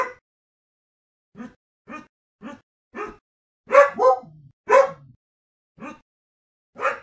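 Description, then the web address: Dog barking: a clipped bark at the start, then several softer yaps, louder harsh barks around the middle, and two more single barks to end. Mixed-breed dog. "NS Studios - ultra sound collection animals dog - mixed breed Mia"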